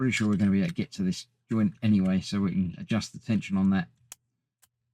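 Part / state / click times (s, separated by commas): model robot elbow joint in the arm / seated / 4.1 s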